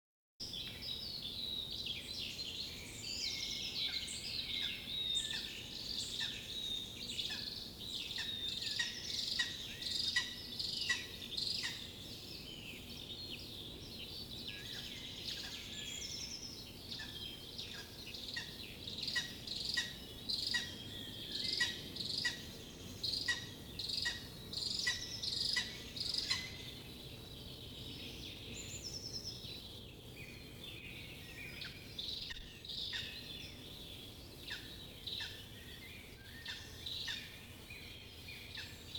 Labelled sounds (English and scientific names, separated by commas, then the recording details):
Lesser Spotted Eagle (Aquila pomarina) call
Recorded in the wild
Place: Klein-Mützkow, Mecklenburg-Vorpommern, DE
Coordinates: 54.309, 13.077
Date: 1975-05-18 08:00
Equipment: Nagra III BH, Sennheiser MD 21
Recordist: Schubert, Michael
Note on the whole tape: Schreiadler etwas abgewandt rufend